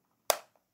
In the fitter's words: ah there we go we had a snap